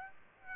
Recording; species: mosquito wingbeat signal from an infrared sensor; Aedes aegypti